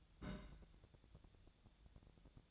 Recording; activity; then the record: daily activity, microphone in the room; place on stove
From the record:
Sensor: 3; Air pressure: 999.9 hPa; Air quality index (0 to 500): 126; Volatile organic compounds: 2 ppm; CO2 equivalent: 1126 ppm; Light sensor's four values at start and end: 46/115/49/55 and 46/115/49/55